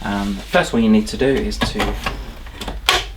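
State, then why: Seated. Someone talks while the main hose of a Shark NV602UKT corded upright vacuum is pushed into its plastic socket on the vacuum body. A loud, sharp click at 2.9 seconds marks the hose seating into place.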